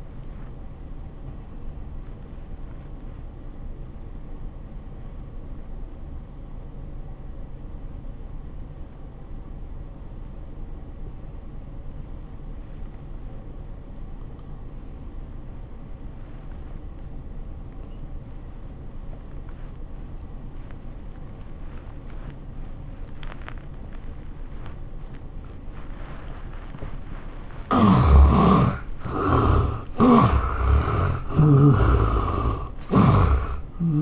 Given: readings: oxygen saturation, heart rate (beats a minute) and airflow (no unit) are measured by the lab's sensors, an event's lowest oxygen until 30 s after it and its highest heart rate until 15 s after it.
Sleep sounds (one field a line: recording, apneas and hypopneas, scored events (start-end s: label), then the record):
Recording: breathing in sleep by a smartphone at the bedside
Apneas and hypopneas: 1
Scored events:
7.00-34.02 s: new sleep stage, N2 (light sleep)
8.00-28.00 s: obstructive apnea (N2, oxygen 97% highest, then 72% lowest, heart rate 74 at the start, 100 highest)
From the record:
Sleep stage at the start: N1 (lightest sleep)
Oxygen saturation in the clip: 78 to 97%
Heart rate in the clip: 74 to 98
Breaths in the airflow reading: 3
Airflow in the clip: -18.0 to 10.6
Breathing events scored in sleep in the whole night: 403 in 5.5 hours asleep